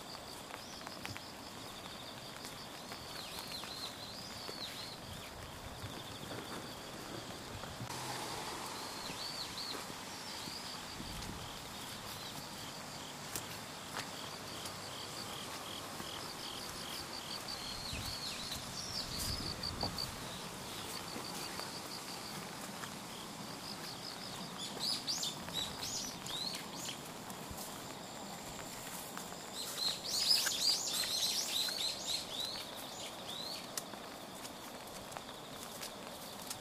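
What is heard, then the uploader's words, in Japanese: Walking along a river in the rain, with a steady soft hiss of rainfall filling the background. Footsteps and rustling through wet grass come and go. Birds chirp faintly throughout, growing brighter and busier around the thirty-second mark. 雨の多摩川を歩く音。草に溜まった雨粒がざざっと体にかかったり、水たまりを踏んで靴の中まで濡れたり。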